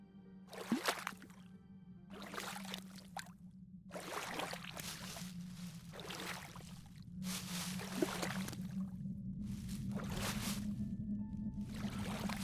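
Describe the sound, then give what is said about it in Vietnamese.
A boat carrying four people glides across a calm river in the late afternoon in Vietnam's western countryside, with soft rhythmic swishes of water repeating every second or two over a steady low hum, and no voices. “Chiều ngày hôm sau, chiếc ghe chở bốn người pháp sư trẻ cũng đã đến. Nó cứ nhẹ nhẹ lả lướt trên mặt sông phẳng lặng, phản chiếu ánh chiều tà, nhấp nhô và đợt sóng nhẹ cuốn vào bờ, lột tả hết hồn quê miền Tây yên ả.”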